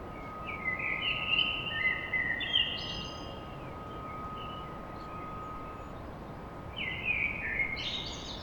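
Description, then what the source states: Common blackbird: a rich warbled phrase at the start and another with a squeaky ending near the close, over steady hum and noise. Blackbird song at dawn in Paris.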